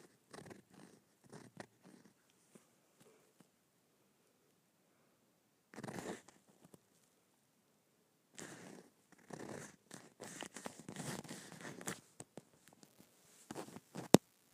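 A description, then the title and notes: Leather bag scraped, short raspy bursts around 6, 8–12 and 14 seconds, ending with a sharp knock. Scraping my Leather Bag.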